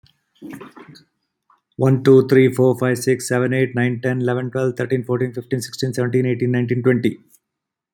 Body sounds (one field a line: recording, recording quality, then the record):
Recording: counting at a fast pace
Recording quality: excellent, no background noise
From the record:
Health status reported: healthy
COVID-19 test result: not tested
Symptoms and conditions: hypertension, diabetes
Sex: male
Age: 62 years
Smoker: not ticked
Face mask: not worn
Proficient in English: yes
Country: India